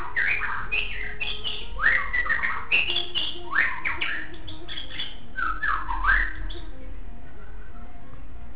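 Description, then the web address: Shama song in loud bursts of melodious, swooping whistles and chattering notes, several phrases in a row, with a low background hum. "9 2 song meow 2. 9 shamasong 2"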